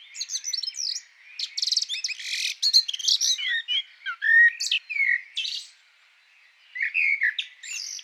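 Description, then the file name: Eurasian blackbird singing a rapid, varied jumble of fluty slurred notes mixed with high squeaky twitters and short buzzy bursts, with a pause near the end. "Turdus merula"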